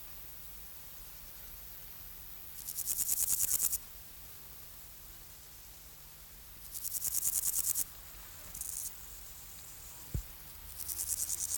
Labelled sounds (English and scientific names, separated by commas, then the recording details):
Meadow Grasshopper (Chorthippus parallelus) stridulation
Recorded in the wild
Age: imago
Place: Treuchtlingen, Heumöderntal, Bayern, DE
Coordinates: 48.96, 10.91
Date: 1993-09-02 13:49
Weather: sonnig 18.8°C
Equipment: Marantz CP 430, Sennheiser MKH 416 T, Kopie Uher Variocord 263
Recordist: Tembrock, Günter